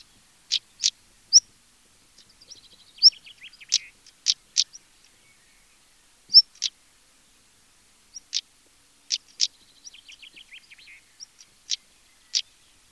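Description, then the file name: European stonechat calling with hard clicking tacks and short high whistled notes, interspersed with soft scratchy chatter, in bursts separated by pauses. "Tarier patre"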